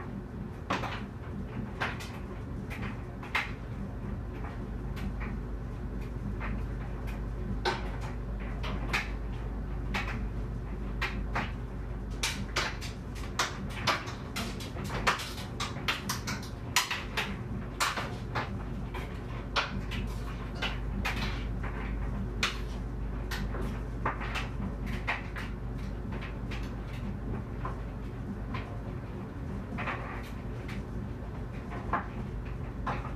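A clothes dryer runs with a steady low rumble and hum throughout. Over it come frequent irregular knocks and clatters, sharp short hits scattered every second or so, busiest around the middle, like buttons or zippers striking the drum as the load tumbles.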